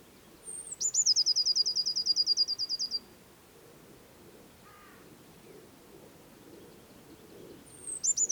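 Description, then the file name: Eurasian blue tit song: a high piping note, then a quick ringing trill; a brief lower call, and the next phrase starting at the end. "Cyanistes caeruleus"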